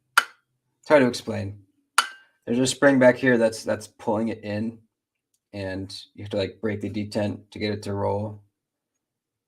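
A flip-over hone stone in a sharpener frame is handled while someone talks; a spring behind it pulls it in, so the detent has to be broken to roll the stone. Two brief sharp clinks sound near 0.2 s and 2.0 s over the talking, but nothing has seated or clicked home yet.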